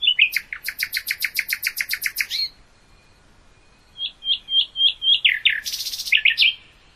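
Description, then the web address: Common nightingale song: a long rhythmic string of loud repeated notes, a pause, then soft whistled notes building into louder varied phrases and a burst of harsh rattle. "hoeren nachtigall"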